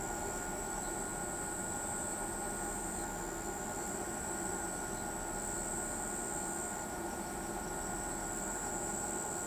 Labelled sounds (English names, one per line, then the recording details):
none
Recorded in pastures near Pivijay, Magdalena, Colombia, on 16 April 2023 at 23:00
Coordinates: 10.456, -74.369
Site P6-G026